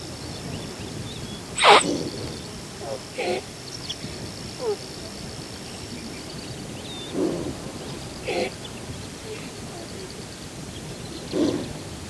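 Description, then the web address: Thomson's gazelle calls: a single abrupt snort early on, followed by scattered soft low grunts, with a thin high tone in the background. "earth naturelibrary assets t th thomsons gazelle"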